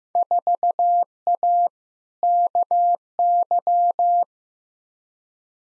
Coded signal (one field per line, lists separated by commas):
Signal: Morse code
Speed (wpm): 15 wpm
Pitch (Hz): 700 Hz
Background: none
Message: 4A KY